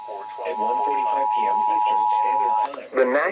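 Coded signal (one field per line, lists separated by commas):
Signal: Emergency Alert System (SAME) tones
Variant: 853 and 960 Hz attention tone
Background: speech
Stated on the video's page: Real warnings including some received on FM.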